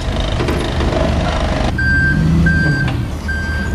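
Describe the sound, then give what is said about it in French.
Heavy trucks, vans and lifting vehicles rumble and idle at a low, steady drone at the Ravine Blanche festival site in Saint-Pierre, where about a hundred workers gather and load equipment, while a vehicle's reversing alarm beeps repeatedly in a high, evenly spaced tone over the engine noise. “Entre les camions, les fourgons et les engins élévateurs, le site grouille de monde.”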